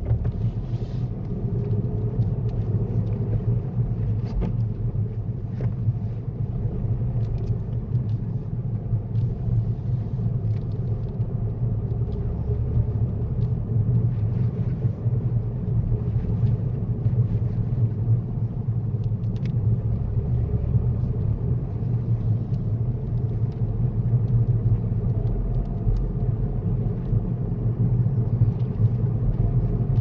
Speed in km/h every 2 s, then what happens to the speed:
19, 18, 16, 18, 18, 19, 21, 19, 19, 21, 21, 23, 26, 24, 26.
0-17 steady at about 19. 17-30 speeds up to 26.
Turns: none.